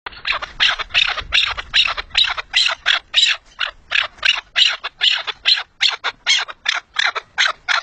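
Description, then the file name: Partridge giving a fast, scratchy chuckling series of clipped notes repeated roughly three times a second, with faint low rumble at the start. "perdiz"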